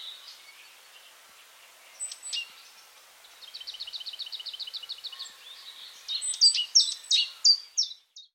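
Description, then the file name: Great tit calls: a rapid even series of buzzy churring notes, followed by a louder run of sharp, clipped high notes. "Parus major"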